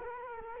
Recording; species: mosquito wingbeat signal from an infrared sensor; Culex quinquefasciatus